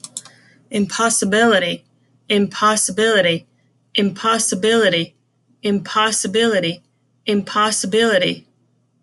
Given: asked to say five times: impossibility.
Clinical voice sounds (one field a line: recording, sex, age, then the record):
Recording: repeated word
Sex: female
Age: 40 to 49 years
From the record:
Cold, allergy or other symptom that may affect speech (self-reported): no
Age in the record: 41 years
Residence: Florida, United States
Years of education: 16